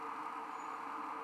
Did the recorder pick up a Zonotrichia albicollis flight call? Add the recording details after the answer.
no. No flight call is heard. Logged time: 01:03 on 15 December 2014